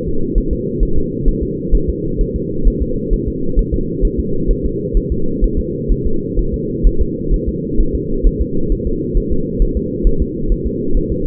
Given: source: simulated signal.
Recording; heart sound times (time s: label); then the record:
fetal heart sounds
0.09 s: S2
0.38 s: S1
0.53 s: S2
0.83 s: S1
0.98 s: S2
1.28 s: S1
1.43 s: S2
1.75 s: S1
1.89 s: S2
2.21 s: S1
2.36 s: S2
2.68 s: S1
2.82 s: S2
3.13 s: S1
3.28 s: S2
3.59 s: S1
3.74 s: S2
4.05 s: S1
4.19 s: S2
4.51 s: S1
4.65 s: S2
4.97 s: S1
5.12 s: S2
5.44 s: S1
5.59 s: S2
5.92 s: S1
6.06 s: S2
6.39 s: S1
6.54 s: S2
6.87 s: S1
7.01 s: S2
7.34 s: S1
7.49 s: S2
7.80 s: S1
7.95 s: S2
8.27 s: S1
8.41 s: S2
8.72 s: S1
8.87 s: S2
9.17 s: S1
9.32 s: S2
9.62 s: S1
9.77 s: S2
10.07 s: S1
10.22 s: S2
10.52 s: S1
10.67 s: S2
10.97 s: S1
11.12 s: S2
From the record:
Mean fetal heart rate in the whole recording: 130 bpm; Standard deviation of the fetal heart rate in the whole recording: 4 bpm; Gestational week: 38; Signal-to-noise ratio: -8.1 dB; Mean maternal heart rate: 72 bpm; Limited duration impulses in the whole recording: present